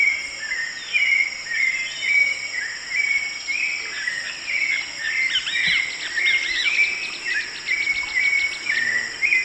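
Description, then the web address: Hauxwell's thrush singing short whistled phrases in a continuous series, with a steady high insect buzz throughout. Song; eastern lowlands of South America. "Natures Songs S America Eastern Lowlands. Turdus hauxwelli, song"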